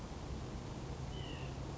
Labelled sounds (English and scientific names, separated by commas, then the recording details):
White-breasted Nuthatch (Sitta carolinensis)
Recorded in Sonoma County, California